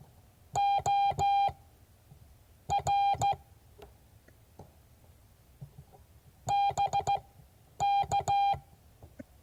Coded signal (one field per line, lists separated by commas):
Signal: Morse code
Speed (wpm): 16 wpm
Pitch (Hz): 800 Hz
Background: none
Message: OR BK